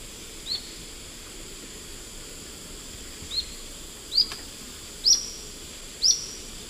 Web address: Natures Songs S America Eastern Lowlands Tolmomyias viridiceps, song